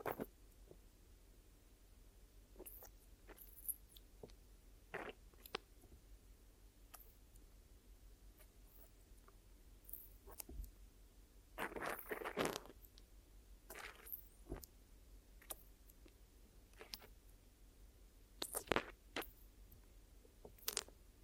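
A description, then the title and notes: Scratchy rubbing and crinkling from an ear massage and cleaning arrives in short, irregular bursts over a quiet, steady low hum. The touches come every second or two, with denser, louder clusters around twelve seconds and again near eighteen seconds. ASMR Sleepy Glue Ear Massage and Cleaning (No Talking).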